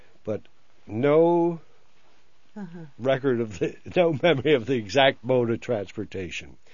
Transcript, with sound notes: But no record of, (he laughs) no memory of the exact mode of transportation.